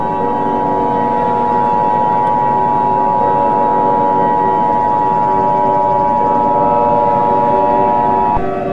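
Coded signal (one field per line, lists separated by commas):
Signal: Emergency Alert System (SAME) tones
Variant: 853 and 960 Hz attention tone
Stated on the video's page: Fictional EAS scenario that might contain valid tones.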